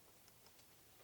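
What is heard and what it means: A plastic quick-connect on a crankcase breather hose is handled as it is pushed toward the PCV valve (oil separator) port on a 2018 Audi S5. A few faint, light ticks are heard, the most noticeable at about 0.3 s, over a steady low background. Nothing has seated or clicked yet.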